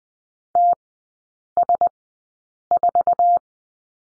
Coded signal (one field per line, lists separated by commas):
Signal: Morse code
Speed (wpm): 20 wpm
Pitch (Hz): 700 Hz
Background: none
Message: TS4